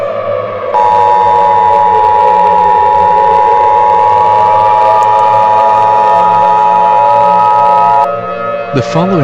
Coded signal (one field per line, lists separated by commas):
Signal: Emergency Alert System (SAME) tones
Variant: 853 and 960 Hz attention tone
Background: speech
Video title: LUNAR MOON | An EAS Scenario